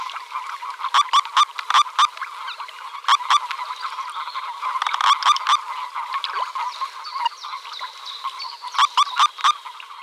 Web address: rufe Bufo bufo Guenter Tembrock tierstimmenarchiv